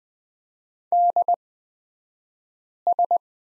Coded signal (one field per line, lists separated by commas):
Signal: Morse code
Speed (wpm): 20 wpm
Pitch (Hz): 700 Hz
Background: none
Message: DS